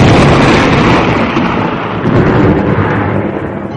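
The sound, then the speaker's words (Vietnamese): Loud, continuous thunder rumbles over a river mouth, a dense low roar that swells at the start and eases slightly before building again, with no voices present. “sống chết rền vang và tóe sáng ngoài sông cửa, tạo nên cảnh vật ma quái chần vờ nhưng không làm cho gã sợ chút nào.”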